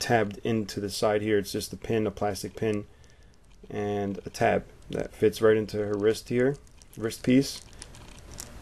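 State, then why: Not seated. Someone talks while handling a Revoltech Fraulein 018 Shikinami Asuka Langley posable action figure, pushing a plastic hand with a pin and tab into its wrist piece. A few faint, sharp handling ticks occur near the end, around 7.8 and 8.4 seconds. Nothing has seated or clicked into place yet.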